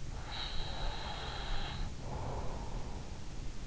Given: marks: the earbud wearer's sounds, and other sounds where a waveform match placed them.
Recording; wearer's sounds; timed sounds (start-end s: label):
sounds in sleep by an in-ear microphone; breath
0.15-3.01 s: breath